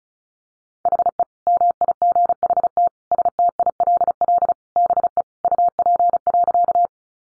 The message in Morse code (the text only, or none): HE MIGHT STILL BE UP.